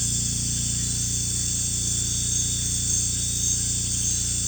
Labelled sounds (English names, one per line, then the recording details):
none
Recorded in pastures near Puerto Asís, Putumayo, Colombia, on 16 December 2024 at 01:30
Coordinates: 0.466, -76.322
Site G040